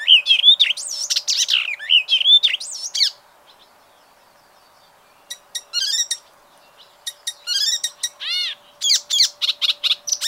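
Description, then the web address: Bird warbling rich, looping whistles, falling silent for a couple of seconds, then resuming with clicks, trills and varied notes. "ornitologiya slovar Ptichki"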